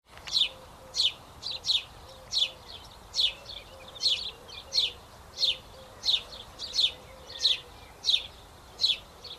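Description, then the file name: House sparrow giving a steady series of brisk, high chirps, roughly one every half to three-quarters of a second, over a faint low hum. "Passer domesticus"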